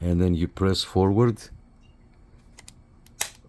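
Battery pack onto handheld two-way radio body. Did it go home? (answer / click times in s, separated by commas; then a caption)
yes / 3.2 s. Someone talks while the plastic battery pack of a small Baofeng mini handheld VHF/UHF radio is hooked in at one end and pressed forward against the radio body. A few faint ticks follow, then a sharp click at 3.2 s as its clip catches and the battery seats securely.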